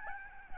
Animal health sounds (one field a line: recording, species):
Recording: mosquito wingbeat signal from an infrared sensor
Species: Aedes albopictus